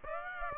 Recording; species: mosquito wingbeat signal from an infrared sensor; Aedes aegypti